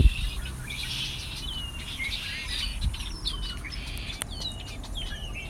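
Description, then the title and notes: Birds giving scattered thin chirps and brief whistled notes against continuous low-pitched background noise. Migrating birds hiding in bushes around a lake at Ashburton. "Migrating birds at Ashburton. Birds hiding in the bushes around the lake"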